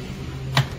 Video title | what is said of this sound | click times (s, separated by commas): TROCA DA UNIDADE LSU DA IMPRESSORA SANSUNG M2020W | B certifica que ele travou direto certinho no lugar faça um leve movimento | 0.6 s